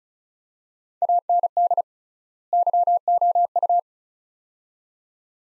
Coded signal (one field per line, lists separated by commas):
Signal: Morse code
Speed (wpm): 36 wpm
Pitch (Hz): 700 Hz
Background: none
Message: AND YOU